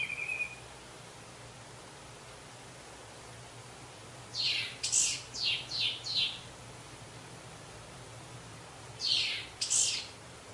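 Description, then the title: Orange-headed thrush singing two short bursts of quick, high, chirping notes separated by a pause, over a steady low background hum. "Anis Merah"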